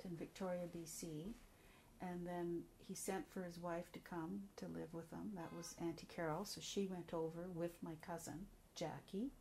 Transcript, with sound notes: in Victoria, B.C. and then he sent for his wife to come to live with him. (car horn) That was Aunty Carol so she went over with my cousin Jackie